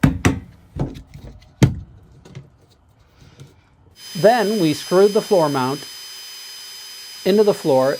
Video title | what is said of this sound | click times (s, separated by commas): No Way a Water Toilet Works in Winter in a Camper. Composting Toilet Solution | You can hear it snap into place. | 0.0 s, 0.2 s